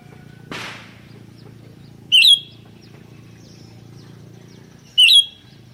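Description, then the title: Sooty-headed bulbul giving two loud whistled notes roughly three seconds apart, after a brief burst of noise at the start. "kutilang"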